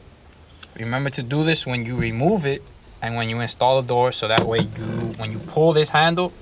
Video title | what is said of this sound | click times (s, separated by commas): Honda prelude: How to replace exterior window door trim | But basically it goes like this and it will lock into place like that. | 0.6 s